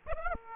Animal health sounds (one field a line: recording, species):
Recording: mosquito wingbeat signal from an infrared sensor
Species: Aedes aegypti